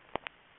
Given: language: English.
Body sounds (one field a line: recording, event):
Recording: throat vibration sensor signal played as sound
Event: swallow